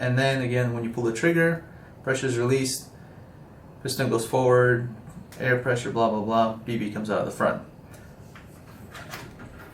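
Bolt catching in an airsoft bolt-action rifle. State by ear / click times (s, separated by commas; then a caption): seated / 8.4 s. Someone talks while working the bolt of a Silverback Desert Tech SRS A1 airsoft spring sniper rifle to cock it. After the talking stops, a single faint click comes at 8.4 s as the bolt catches and the rifle is cocked.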